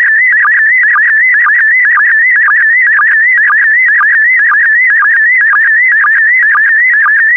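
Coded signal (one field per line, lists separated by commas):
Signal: SSTV (slow-scan television)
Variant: PD120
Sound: warbling, buzzing tone around 2 kHz with steady rhythmic chirps about twice a second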